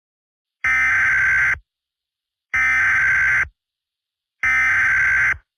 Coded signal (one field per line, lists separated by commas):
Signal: Emergency Alert System (SAME) tones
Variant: header bursts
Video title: Santa in Smithfield: an EAS short